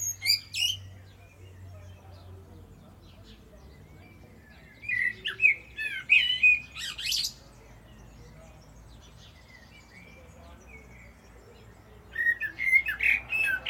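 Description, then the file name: Common blackbird song: the squeaky high end of a phrase, then a warbling phrase of whistles with a squeaky high ending, and later another similar phrase, with a faint low hum early on. "Turdus merula"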